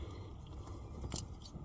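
With the safety clip already slid back, the black top of a plastic electrical connector on a fuel injector is pressed to unplug it. A low steady rumble runs throughout, broken by a sharp click at 1.2 s as the connector releases and comes unplugged.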